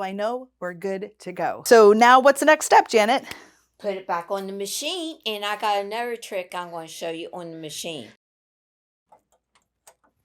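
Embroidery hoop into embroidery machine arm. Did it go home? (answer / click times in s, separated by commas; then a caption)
no / none. Two people talk for about eight seconds while an embroidery hoop holding a garment is handled to go back onto the embroidery machine's hoop arm, where it should snap in to show it is fully in. Only a few faint, short ticks follow, near 9.1, 9.6 and 9.9 seconds. The hoop has not snapped or seated yet.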